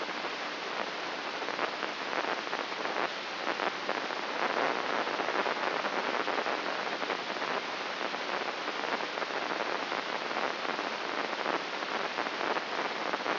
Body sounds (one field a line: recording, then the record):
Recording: brain microelectrode recording played as sound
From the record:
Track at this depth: inside the subthalamic nucleus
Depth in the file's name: 4.63 mm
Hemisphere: left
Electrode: 3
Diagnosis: Parkinson's disease